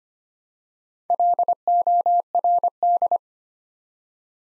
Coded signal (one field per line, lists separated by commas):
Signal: Morse code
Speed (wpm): 25 wpm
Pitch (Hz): 700 Hz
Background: none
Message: LORD